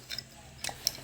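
A D-Link outdoor/indoor CCTV camera's wire is pressed into a plastic cable clip on the housing so it cannot be pulled out. Faint ticks come at about 0.2 and 0.7 seconds, then a sharp snap at 0.9 seconds as the cable seats in the clip.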